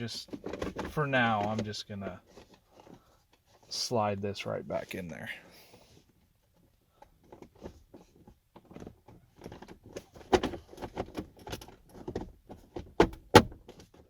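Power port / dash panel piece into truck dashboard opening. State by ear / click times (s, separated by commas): not seated / none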